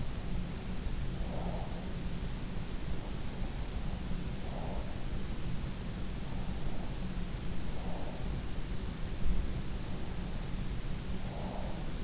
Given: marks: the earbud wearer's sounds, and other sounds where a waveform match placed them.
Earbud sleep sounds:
sounds in sleep by an in-ear microphone; breath
0.00-1.84 s: breath
3.07-4.93 s: breath
6.32-8.40 s: breath
9.87-12.04 s: breath

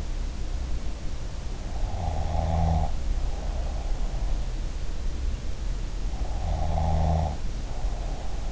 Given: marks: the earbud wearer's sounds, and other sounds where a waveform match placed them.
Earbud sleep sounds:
sounds in sleep by an in-ear microphone; snoring breath
1.78-3.91 s: snoring breath
6.33-8.52 s: snoring breath

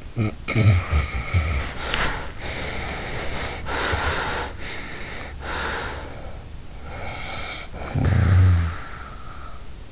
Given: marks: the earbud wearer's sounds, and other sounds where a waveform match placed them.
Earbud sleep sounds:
sounds in sleep by an in-ear microphone; snoring breath, breath
0.00-2.37 s: snoring breath
2.42-4.56 s: breath
4.60-6.56 s: breath
6.76-9.75 s: snoring breath

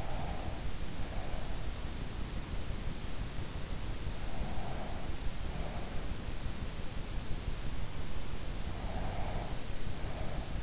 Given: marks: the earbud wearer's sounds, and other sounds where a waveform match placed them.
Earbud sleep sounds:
sounds in sleep by an in-ear microphone; breath
0.00-1.84 s: breath
8.74-10.63 s: breath

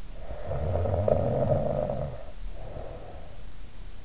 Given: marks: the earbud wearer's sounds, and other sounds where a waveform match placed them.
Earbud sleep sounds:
sounds in sleep by an in-ear microphone; snoring breath
0.10-3.47 s: snoring breath

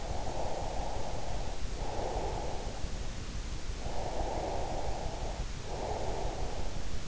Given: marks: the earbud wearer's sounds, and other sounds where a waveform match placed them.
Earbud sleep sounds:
sounds in sleep by an in-ear microphone; breath
0.08-2.86 s: breath
3.72-7.08 s: breath

